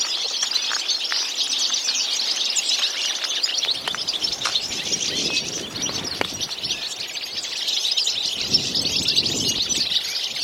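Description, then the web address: Birds calling in a busy chorus of overlapping high chirps. "Deverinetal"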